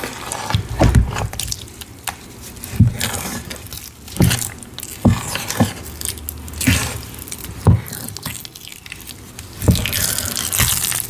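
Cornstarch and gym chalk powder being sifted and worked, with a soft, grainy hiss running underneath. Dull taps and thumps land about once a second, some doubled, and a brighter, denser rustle of powder swells in the final second.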